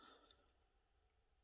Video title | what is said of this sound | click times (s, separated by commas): 1973-1979 Ford Truck and Bronco Intermittent Wiper Systems: Part 1, Identification | If you go ahead and push it in, you hear a snap, and you're good to go. | 0.3 s